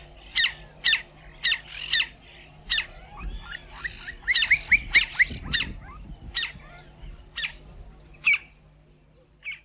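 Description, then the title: Campo flicker calls, sharp harsh notes repeated irregularly, with a short burst of quicker rising notes in the middle and low rumbling noise underneath. "Museo de Ciencias de Bahía Blanca. Carpintero Campestre"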